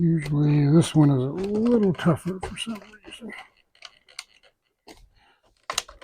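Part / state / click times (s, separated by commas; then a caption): RC sailplane wing panel latching into the fuselage / seated / 5.7 s. Someone talks while a wing panel of a 3-meter Fox foam RC sailplane is pushed onto the fuselage, a side that is usually tougher to fit, with a few faint taps around 3.9 and 4.2 seconds. A sharp click is heard at 5.7 seconds as the wing latch clicks in and the panel seats.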